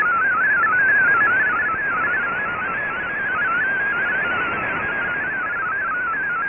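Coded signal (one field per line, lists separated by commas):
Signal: multi-tone FSK (Olivia or MFSK type)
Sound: fast burbling single tone hopping among many close pitches, continuous, over hiss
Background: radio static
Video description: Here is my decode of the Shortwave Radiogram broadcast today on 15770Khz shortwave radio at 1300UTC in MFSK32 and 64 and with 10 SSTV images.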